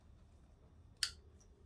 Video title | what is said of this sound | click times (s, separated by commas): ZX6R Spark Plugs, Air & Fuel Filter Service. | that's the click you want | 1.0 s